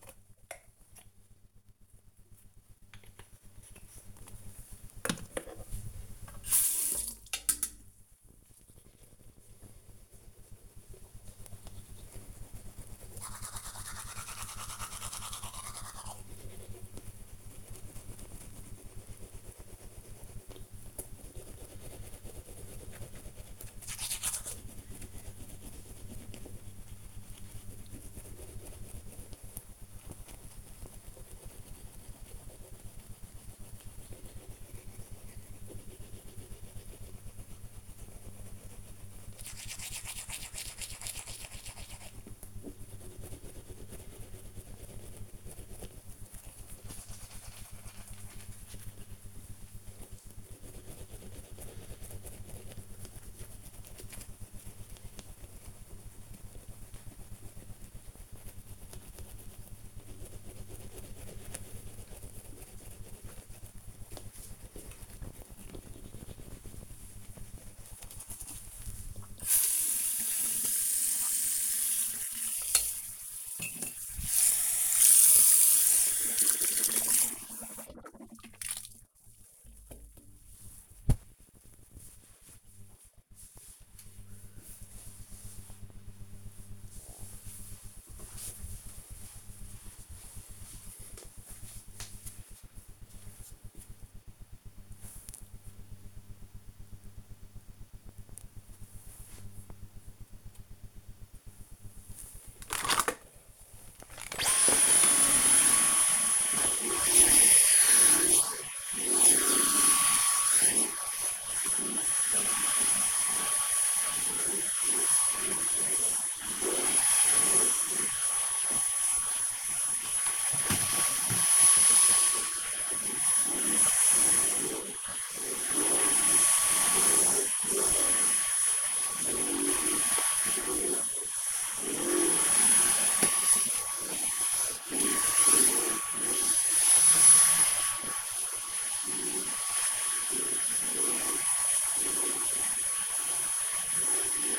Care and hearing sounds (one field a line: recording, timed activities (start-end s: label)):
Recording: household activities, microphone on the right wrist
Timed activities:
0.00-80.72 s: brushing teeth
101.87-144.59 s: vacuum cleaning